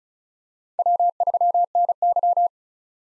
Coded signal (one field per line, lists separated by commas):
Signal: Morse code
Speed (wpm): 34 wpm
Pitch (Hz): 700 Hz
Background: none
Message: W3NY